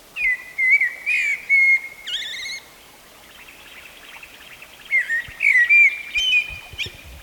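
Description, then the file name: Common blackbird delivering mellow whistled phrases with thin high-pitched flourishes, a pause in the middle, then another fluting phrase ending in squeaky twitters. "Turdus merula"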